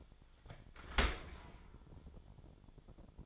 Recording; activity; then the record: daily activity, microphone in the room; open dishwasher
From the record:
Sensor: 5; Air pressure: 1007.0 hPa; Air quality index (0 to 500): 181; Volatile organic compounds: 5 ppm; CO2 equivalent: 1733 ppm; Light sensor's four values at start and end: 51/141/55/55 and 51/143/56/56